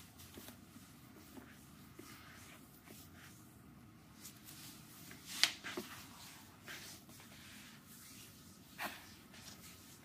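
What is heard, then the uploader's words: A foot massage with soft, uneven rubbing and brushing strokes over a low, steady murmur. Short scuffs and slides come every second or so, with a sharper click or slap around five and a half seconds and another louder stroke near nine seconds. Intense asmr foot relaxing massage. Acupressure technique. Intense foot relaxing massage.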